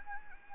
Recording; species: mosquito wingbeat signal from an infrared sensor; Anopheles gambiae